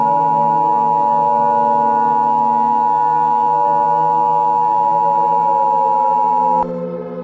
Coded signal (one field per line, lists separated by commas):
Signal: Emergency Alert System (SAME) tones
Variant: 853 and 960 Hz attention tone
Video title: [EAS Scenario/Analog Horror] MUSTARD-MANGO ARMAGEDON